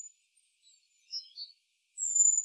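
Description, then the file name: Great tit, a brief, piercing, high whistle at the end that tapers slightly lower, after two brief chirps. "Parus major"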